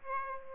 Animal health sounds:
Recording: mosquito wingbeat signal from an infrared sensor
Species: Aedes aegypti

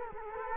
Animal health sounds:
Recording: mosquito wingbeat signal from an infrared sensor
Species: Culex quinquefasciatus

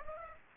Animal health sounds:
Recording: mosquito wingbeat signal from an infrared sensor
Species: Aedes aegypti

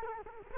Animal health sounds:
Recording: mosquito wingbeat signal from an infrared sensor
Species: Culex quinquefasciatus

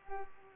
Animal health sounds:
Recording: mosquito wingbeat signal from an infrared sensor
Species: Culex pipiens

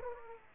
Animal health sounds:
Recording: mosquito wingbeat signal from an infrared sensor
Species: Aedes aegypti

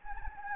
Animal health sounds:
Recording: mosquito wingbeat signal from an infrared sensor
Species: Anopheles gambiae

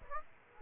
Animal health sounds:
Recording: mosquito wingbeat signal from an infrared sensor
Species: Aedes aegypti

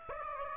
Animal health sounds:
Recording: mosquito wingbeat signal from an infrared sensor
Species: Aedes aegypti

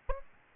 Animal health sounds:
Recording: mosquito wingbeat signal from an infrared sensor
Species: Aedes albopictus

